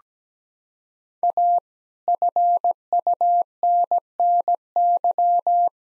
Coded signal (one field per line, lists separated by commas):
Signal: Morse code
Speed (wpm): 17 wpm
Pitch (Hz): 700 Hz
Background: none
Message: A FUNNY